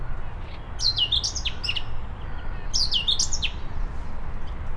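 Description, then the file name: Eurasian blackcap song, two similar phrases of quick warbled and whistled notes about two seconds apart, with a steady low background rumble. "Sylvia atricapilla"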